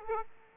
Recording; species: mosquito wingbeat signal from an infrared sensor; Aedes aegypti